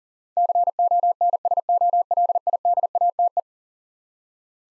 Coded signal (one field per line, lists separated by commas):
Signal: Morse code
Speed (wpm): 40 wpm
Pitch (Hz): 700 Hz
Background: none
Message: CONSOLIDATE